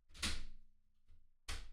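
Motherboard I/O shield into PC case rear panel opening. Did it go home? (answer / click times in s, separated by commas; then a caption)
no / none. A metal rear I/O shield (backplate) is handled and positioned against the rear opening of a PC case before the motherboard goes in. A broad scraping rustle at about 0.2–0.6 s fades over a faint low hum, with a soft knock near 1.1 s and a sudden loud broadband burst at 1.5 s. The shield has not yet clipped into place; nothing has seated.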